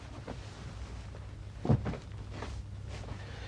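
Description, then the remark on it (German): A shutter or hatch swings shut with one dull, solid thunk partway through, set against a steady low hum with a few faint knocks and rustles around it. “Und nun, Luken dicht.”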